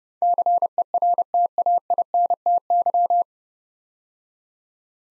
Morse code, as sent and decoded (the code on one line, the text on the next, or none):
-.-. . .-. - .- .. -. - -.--
CERTAINTY